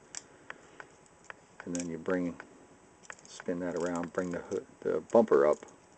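Someone talks while handling a Transformers Toys R Us exclusive Skids and Mudflap Shanghai Showdown (ROTF) plastic transforming figure, spinning a part around and bringing its plastic hood bumper panel up. Light plastic ticks and taps are heard between the words. The hood bumper has not locked into place yet, and nothing has seated.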